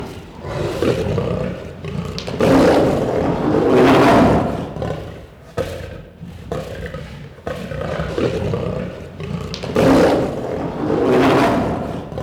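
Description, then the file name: Lion roaring in repeated heavy, gravelly bursts, several long swells rising and falling throughout with brief quieter gaps between them. Growling and roaring. "Het grommen en brullen van een leeuw - Beeld en Geluid"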